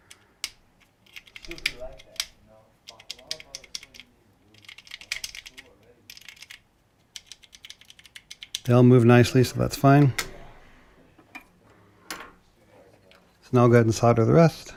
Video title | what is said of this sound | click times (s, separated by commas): And they just push on with a little bit of force. You'll hear it snap. | 0.4 s, 1.7 s, 2.2 s, 3.3 s, 3.8 s, 5.1 s